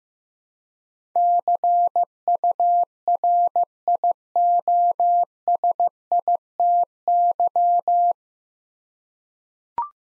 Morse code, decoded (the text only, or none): CURIOSITY